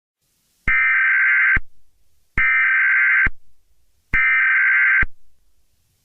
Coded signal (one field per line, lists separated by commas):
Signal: Emergency Alert System (SAME) tones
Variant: header bursts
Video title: [EAS MOCK] Mysterious Murders in LA